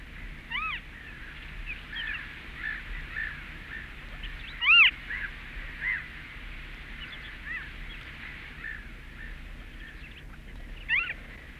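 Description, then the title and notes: Western Marsh Harrier calls: thin, mewing, arched squeals given singly at irregular intervals, several in twelve seconds, one notably louder, over a constant high hiss. Featured as the nature sound of the week; in Finland it nests in dense reed beds of lakes and sea bays. "Ruskosuohaukka. Pertti Koskimies"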